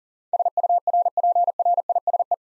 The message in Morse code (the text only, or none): SURPRISE